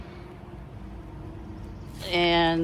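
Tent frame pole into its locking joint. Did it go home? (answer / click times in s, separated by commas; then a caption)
no / none. A tent frame pole is handled at its locking joint while a pop-up tent is being set up, with low background noise throughout. Near the end, someone talks briefly. Nothing has seated or clicked yet.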